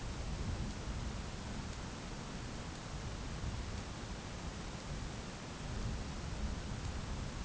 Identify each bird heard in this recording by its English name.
none